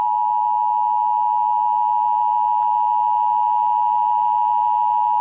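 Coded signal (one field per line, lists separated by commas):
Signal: Emergency Alert System (SAME) tones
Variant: 853 and 960 Hz attention tone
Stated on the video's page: Fictional EAS scenario, a simulated alert.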